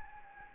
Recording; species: mosquito wingbeat signal from an infrared sensor; Anopheles gambiae